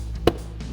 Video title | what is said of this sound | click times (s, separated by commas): 2015-2023 Challenger Morimoto XRGB LED Headlights Review & Install | It sets in place. | 0.3 s